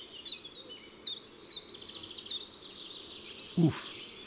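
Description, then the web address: Common chiffchaff song: seven sharp, high, down-slurred notes repeated evenly, followed by a brief loud noise near the end. Recorded in March. "Mars Le Pouillot veloce. album les-4-saisons-des-chants-doiseaux"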